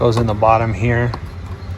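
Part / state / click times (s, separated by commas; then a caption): oil filter element into filter housing cap / not seated / none. A new cartridge oil filter element with its new gasket is handled at the bottom of the plastic filter housing cap during an oil change on a 2013 Jeep Wrangler Sport. Someone talks over a low steady hum. Nothing has seated or clicked yet.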